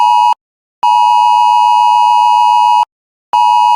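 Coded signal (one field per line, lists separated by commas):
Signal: Emergency Alert System (SAME) tones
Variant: 853 and 960 Hz attention tone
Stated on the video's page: Recreated Law Enforcement Warning for I-5 closures in Northern California, using valid EAS tones.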